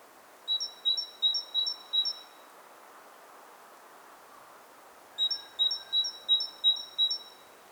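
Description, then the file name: Great tit song in two bursts, each a rapid series of five or six paired whistles stepping from a lower to a higher pitch, with steady hiss between. "Parus major"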